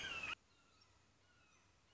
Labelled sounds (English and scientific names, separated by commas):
Red-shouldered Hawk (Buteo lineatus)